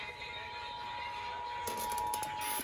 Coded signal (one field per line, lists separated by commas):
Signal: Emergency Alert System (SAME) tones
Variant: 853 and 960 Hz attention tone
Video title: SO MANY TESTS| EAS #117-123| Required Monthly Test| WJSP-FM, WAKL-FM, WBTR-FM, WALR-FM, WSB & more